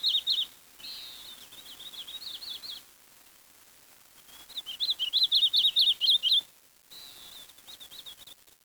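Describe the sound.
Bird chirping: quick high twittering phrases, buzzy and warbling, coming in several bursts with brief pauses and a few very high faint notes above.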